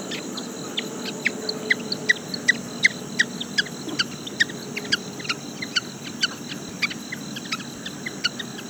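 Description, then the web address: Frog giving short, sharp clicking notes in quick irregular series, with a steady high hiss behind. "Frogs World"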